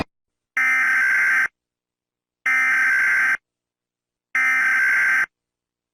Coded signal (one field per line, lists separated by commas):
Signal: Emergency Alert System (SAME) tones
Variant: header bursts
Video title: EAS Alarms From EVERY Country In The World